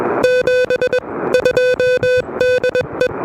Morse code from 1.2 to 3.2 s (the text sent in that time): 2DE